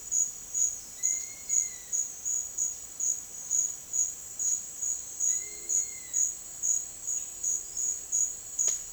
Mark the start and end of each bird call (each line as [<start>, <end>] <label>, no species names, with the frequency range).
[0.98, 1.96] bird call (1.5-4.7 kHz)
[5.29, 6.25] bird call (1.2-4.6 kHz)
[8.65, 8.85] bird call (0.9-5.9 kHz)